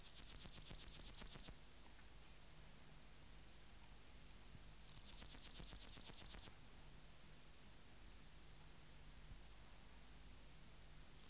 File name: Platycleis nigromarginata